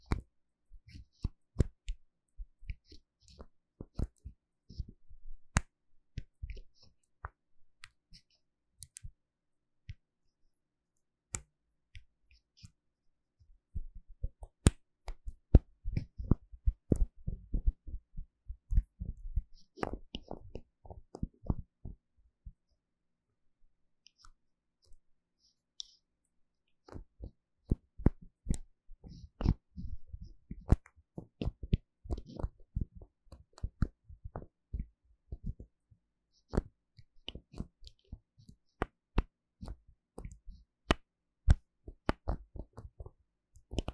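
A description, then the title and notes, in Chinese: Bottles and jars are handled, with sharp taps, clicks and cap sounds. Sparse ticks open the clip, then denser bursts of tapping and rattling come around the middle and again through the last third, after a short near-silent pause. ASMR 瓶瓶罐罐觸發與瓶蓋聲 | Bottle Caps Sounds for Relaxation & Sleep | NO Talking。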